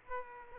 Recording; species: mosquito wingbeat signal from an infrared sensor; Aedes aegypti